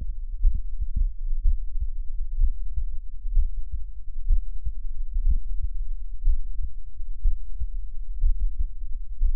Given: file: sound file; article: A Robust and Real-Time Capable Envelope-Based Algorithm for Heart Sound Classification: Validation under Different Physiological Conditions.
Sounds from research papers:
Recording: heart sounds by electronic stethoscope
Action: rest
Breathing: normal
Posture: lying on left side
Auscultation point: Erb’s point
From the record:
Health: healthy, no known heart disease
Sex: male

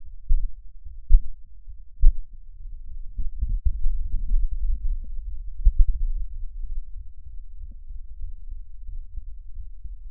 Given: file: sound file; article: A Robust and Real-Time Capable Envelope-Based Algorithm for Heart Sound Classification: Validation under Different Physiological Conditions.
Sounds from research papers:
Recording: heart sounds by electronic stethoscope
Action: rest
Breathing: normal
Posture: lying on stomach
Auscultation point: Erb’s point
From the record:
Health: healthy, no known heart disease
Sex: male

